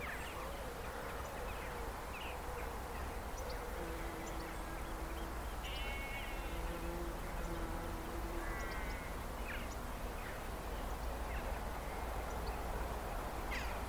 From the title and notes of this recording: I made the recordings on a walk from home on Udimore Road to the Rye Harbour Nature Reserve a few days ago. Recordings made around Rye. Mostly just the wildlife.